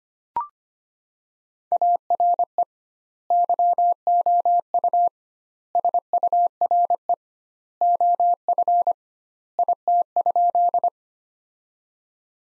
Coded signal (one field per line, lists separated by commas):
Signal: Morse code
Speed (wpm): 25 wpm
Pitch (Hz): 700 Hz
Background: none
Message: ARE YOU SURE OF IT?